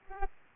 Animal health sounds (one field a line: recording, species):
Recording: mosquito wingbeat signal from an infrared sensor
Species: Aedes aegypti